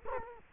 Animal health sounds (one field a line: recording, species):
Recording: mosquito wingbeat signal from an infrared sensor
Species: Culex quinquefasciatus